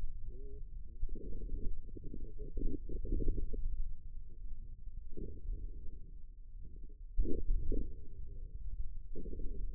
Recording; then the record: forearm muscle sounds (acoustic myography)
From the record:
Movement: inward rotation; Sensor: system 2, bracelet of six BSWA MPA416 microphones around the upper forearm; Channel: 3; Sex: male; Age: 22 years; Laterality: right